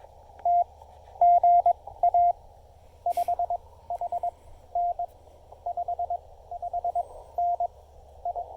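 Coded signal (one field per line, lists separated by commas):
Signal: Morse code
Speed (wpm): 19 wpm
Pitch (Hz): 700 Hz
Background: none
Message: TGA 5HN 5HN I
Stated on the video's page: QRP CW park activation using a Yaesu FT-817ND, Elecraft T1 tuner and a wire antenna.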